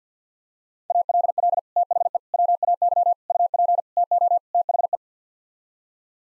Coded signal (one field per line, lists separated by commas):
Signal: Morse code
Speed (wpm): 50 wpm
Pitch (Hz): 700 Hz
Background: none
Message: ALL THE WAY UP TO THE